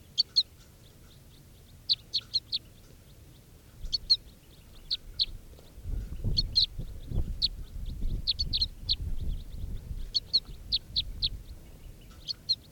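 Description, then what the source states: Crossbill begging calls: short, sharp high chips in quick clusters of two to four, repeated throughout, with low rumbling noise in the middle. Begging calls, recorded around 11:51.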